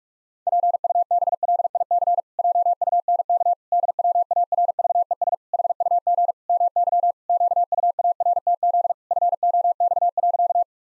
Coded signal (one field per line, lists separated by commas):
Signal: Morse code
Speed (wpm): 46 wpm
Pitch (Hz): 700 Hz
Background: none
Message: PUBLIC JUNK DWARVES HUG MY QUARTZ FOX.